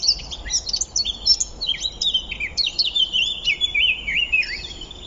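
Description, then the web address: Eurasian blackcap song, a continuous rapid warble mixing scratchy chatter with clearer fluted whistles, steady throughout. "SETE Sylvia atricapilla"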